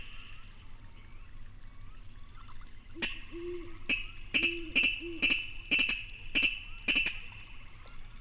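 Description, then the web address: Virginia rail calls: a run of sharp, clicking double notes, repeated roughly every half second for about four seconds, over a faint steady hiss. "Songs of Birds of North America Know Your Bird Sounds Common Western Species. Virginia Rail"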